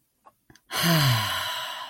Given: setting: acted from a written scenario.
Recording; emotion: vocal sound without words; contentment